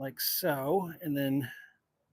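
A small plastic playset piece is handled against a toy cantina playset base while someone talks for about 1.7 seconds, followed by silence. Nothing has seated or clicked into place yet.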